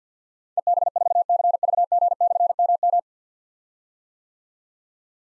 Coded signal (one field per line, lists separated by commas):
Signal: Morse code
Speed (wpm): 52 wpm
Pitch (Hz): 700 Hz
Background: none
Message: EB4CVG/MM